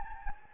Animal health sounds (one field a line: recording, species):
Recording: mosquito wingbeat signal from an infrared sensor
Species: Anopheles gambiae